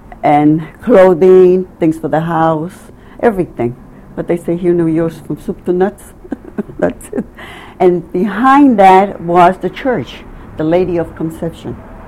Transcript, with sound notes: and clothing, things for the house, everything. What they say here, from soup to nuts? (laughing) That's it. And behind that was the church, the Lady of Conception.